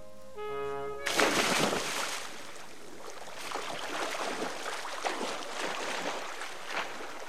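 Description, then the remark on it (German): Water laps and sloshes steadily around a rowboat drifting aimlessly in the middle of a lake and slowly turning in circles, with irregular small splashes over a constant watery hiss, after a brief tonal note at the very start. “Mitten auf dem See trieb ziellos eines der Ruderboote und drehte sich langsam im Kreise.”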